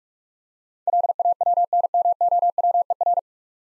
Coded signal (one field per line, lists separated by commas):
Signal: Morse code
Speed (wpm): 44 wpm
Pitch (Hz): 700 Hz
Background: none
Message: LAWNMOWER